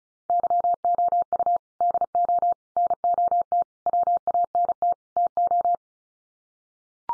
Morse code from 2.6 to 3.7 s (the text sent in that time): NOT